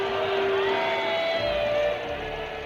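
A large crowd at the Victory in Europe Day celebrations on 8 May 1945 roars with shouting and cheering in response to Winston Churchill, a dense, sustained wall of many voices that stays loud throughout, with a few higher cries cutting through the din.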